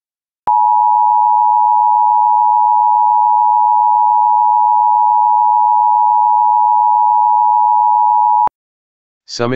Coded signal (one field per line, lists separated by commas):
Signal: Emergency Alert System (SAME) tones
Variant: 853 and 960 Hz attention tone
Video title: EAS Civil Emergency Message Summit County, Colorado (Power Outages/Wildfire)